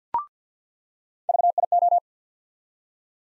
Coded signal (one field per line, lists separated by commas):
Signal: Morse code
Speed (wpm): 49 wpm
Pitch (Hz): 700 Hz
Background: none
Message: VIO